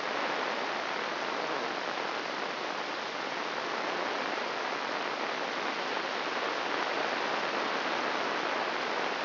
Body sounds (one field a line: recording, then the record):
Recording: brain microelectrode recording played as sound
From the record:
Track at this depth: outside the subthalamic nucleus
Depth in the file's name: 1.113 mm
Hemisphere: left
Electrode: 3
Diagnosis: Parkinson's disease